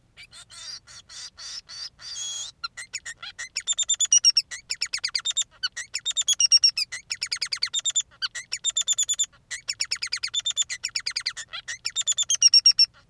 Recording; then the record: song of a male Bengalese finch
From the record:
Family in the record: son of father 3